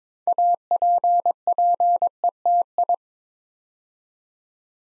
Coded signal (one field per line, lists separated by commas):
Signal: Morse code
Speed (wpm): 22 wpm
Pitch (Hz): 700 Hz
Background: none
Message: APPETI